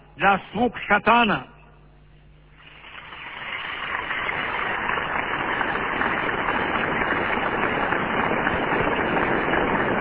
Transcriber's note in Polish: oklaski